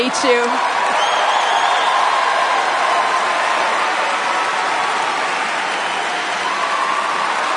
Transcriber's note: audience cheers